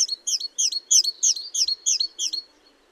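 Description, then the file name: Great tit calling a steady run of high, sharp two-part notes, about three per second, with a faint low background hum. "Parus major"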